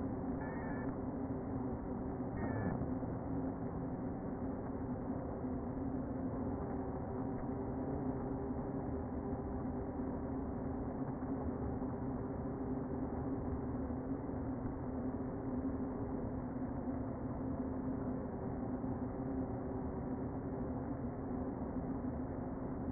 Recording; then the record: honeybee colony, microphone inside the hive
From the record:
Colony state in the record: queen present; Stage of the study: before two queens were removed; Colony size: about 60,000 bees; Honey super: yes